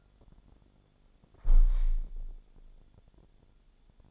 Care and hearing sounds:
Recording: daily activity, microphone in the room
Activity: close window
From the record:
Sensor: 5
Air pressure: 1000.6 hPa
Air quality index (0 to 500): 146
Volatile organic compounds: 2 ppm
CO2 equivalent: 1115 ppm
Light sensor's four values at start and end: 41/96/40/43 and 41/96/40/43

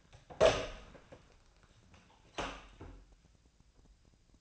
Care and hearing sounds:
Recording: daily activity, microphone in the room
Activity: open door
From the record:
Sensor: 2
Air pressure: 1009.1 hPa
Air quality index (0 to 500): 183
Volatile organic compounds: 3 ppm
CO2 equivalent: 1330 ppm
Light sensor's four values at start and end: 31/83/35/37 and 32/83/35/38

